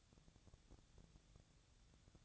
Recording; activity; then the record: daily activity, microphone in the room; take from stove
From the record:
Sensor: 3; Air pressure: 999.3 hPa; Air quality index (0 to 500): 196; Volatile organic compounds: 43 ppm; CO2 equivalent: 3194 ppm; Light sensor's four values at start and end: 7/18/7/7 and 7/18/7/7